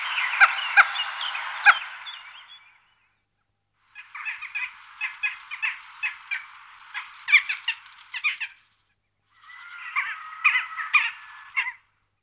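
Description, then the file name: Western jackdaw calls: bursts of harsh, clipped chattering notes in three runs, separated by short pauses. "kavka obecná"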